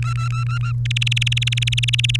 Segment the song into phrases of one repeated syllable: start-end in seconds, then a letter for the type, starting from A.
0.02-0.71 A, 0.85-2.16 B